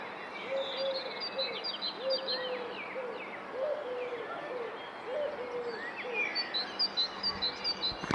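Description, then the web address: Bird calls: repeated low slurred whistles mixed with high thin chirps over constant noise, a sharp click at the end. "Deverinetal 2025 File origin Bird Only"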